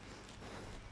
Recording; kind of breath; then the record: one breath in and out by a microphone near the nose and mouth; strong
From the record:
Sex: male